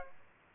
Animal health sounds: mosquito wingbeat signal from an infrared sensor; Aedes aegypti

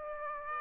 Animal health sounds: mosquito wingbeat signal from an infrared sensor; Aedes aegypti

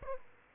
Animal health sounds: mosquito wingbeat signal from an infrared sensor; Aedes aegypti

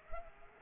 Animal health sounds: mosquito wingbeat signal from an infrared sensor; Culex pipiens

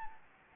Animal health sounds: mosquito wingbeat signal from an infrared sensor; Anopheles gambiae

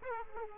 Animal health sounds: mosquito wingbeat signal from an infrared sensor; Aedes aegypti

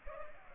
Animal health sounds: mosquito wingbeat signal from an infrared sensor; Culex pipiens

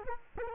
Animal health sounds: mosquito wingbeat signal from an infrared sensor; Culex quinquefasciatus

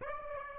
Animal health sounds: mosquito wingbeat signal from an infrared sensor; Aedes aegypti

